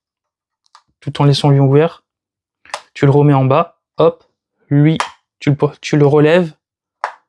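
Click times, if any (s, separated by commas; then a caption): 7.0 s. Someone talks while raising a plastic part on a Grendizer toy robot figure from Grendizer U and snapping it back into position. A loud click at 7.0 seconds shows the part is seated.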